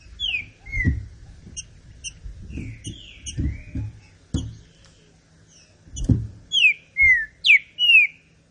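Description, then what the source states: Green-winged saltator singing clear, descending whistled notes, ending in a loud phrase of four strong slurred whistles, with soft low knocks between. Classic song style (canto clássico) of the green-winged saltator, presented as a training recording.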